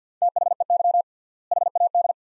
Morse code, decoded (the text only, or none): THEY HAD